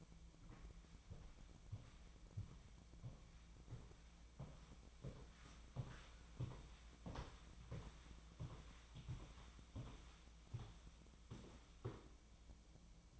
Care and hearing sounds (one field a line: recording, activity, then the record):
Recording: daily activity, microphone in the room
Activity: walk to room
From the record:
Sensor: 1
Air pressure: 1010.2 hPa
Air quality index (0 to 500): 182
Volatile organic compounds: 15 ppm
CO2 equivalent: 2506 ppm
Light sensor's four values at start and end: 39/99/41/51 and 39/99/41/51